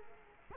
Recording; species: mosquito wingbeat signal from an infrared sensor; Culex quinquefasciatus